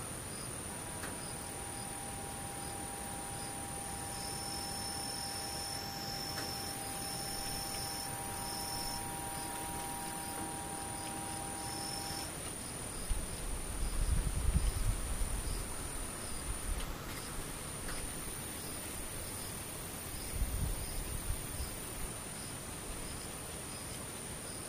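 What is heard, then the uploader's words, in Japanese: A near-silent outdoor scene with insects faintly singing in the distance: a thin, steady high-pitched drone runs throughout, joined by soft pulsing chirps in the first half. A faint low hum fades out around twelve seconds, and brief low rumbles stir around fourteen and twenty-one seconds. 無音遠くにムシ。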